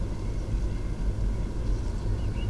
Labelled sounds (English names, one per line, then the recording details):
Eurasian Blackcap
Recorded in Germany
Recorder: ecoPi